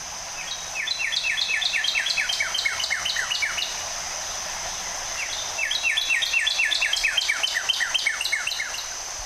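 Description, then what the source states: Northern Cardinal song: two bursts of rapid, evenly repeated downslurred whistled notes, each run lasting a few seconds, over a steady high drone. Singing beside Frisco Spring at Lake Atalanta in Rogers, western Arkansas.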